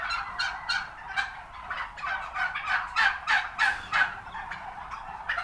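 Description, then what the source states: Turkeys gobbling, separate rattling bursts about three per second, with a louder run of gobbles in the middle. Recorded at a turkey farm.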